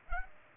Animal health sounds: mosquito wingbeat signal from an infrared sensor; Aedes aegypti

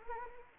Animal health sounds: mosquito wingbeat signal from an infrared sensor; Anopheles arabiensis

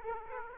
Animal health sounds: mosquito wingbeat signal from an infrared sensor; Aedes aegypti

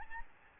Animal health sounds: mosquito wingbeat signal from an infrared sensor; Aedes albopictus

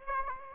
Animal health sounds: mosquito wingbeat signal from an infrared sensor; Aedes aegypti

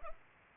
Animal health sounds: mosquito wingbeat signal from an infrared sensor; Culex pipiens

